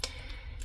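Someone pulls the locking sleeve of a ratcheting screwdriver's quick-release chuck forward, releasing the hex bit from the metal chuck with a sharp click at 0.0 s. A second, softer click follows at 0.6 s. The bit is released and ejects.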